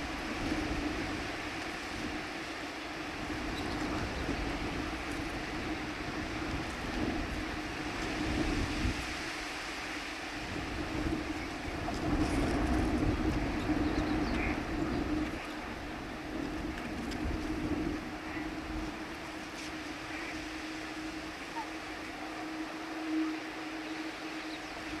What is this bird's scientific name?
Porzana parva